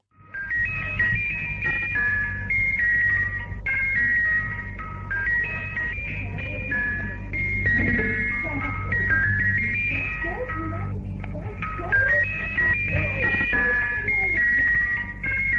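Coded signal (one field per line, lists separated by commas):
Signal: numbers station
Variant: Swedish Rhapsody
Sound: tinkling music-box-like melody of held tones repeating, with no spoken numbers heard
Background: low hum, radio static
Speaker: it's a sample of a number station known as the swedish rhapsody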